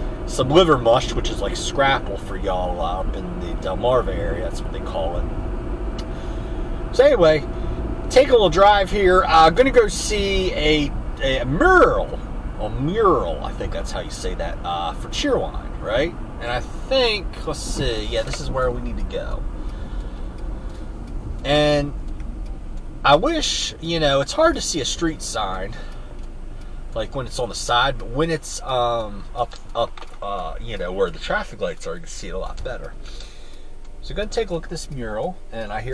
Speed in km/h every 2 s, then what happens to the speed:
66, 66, 66, 68, 68, 63, 64, 63, 55, 44, 31, 23, 15, 5, 0, 0, 0, 0.
0-9 steady at about 66. 9-27 brakes to 0. 27-36 standing.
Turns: none.